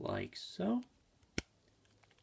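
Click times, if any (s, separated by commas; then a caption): 1.4 s. Someone talks while a second swappable plastic hand is pushed onto the wrist peg of a WWE Ultimate Edition action figure's arm. A single sharp click sounds at 1.4 s, followed by faint small taps. The hand seats on the peg.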